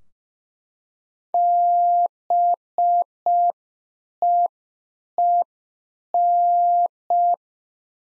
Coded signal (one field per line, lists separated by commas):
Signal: Morse code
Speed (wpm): 5 wpm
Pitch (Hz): 700 Hz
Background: none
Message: BEEN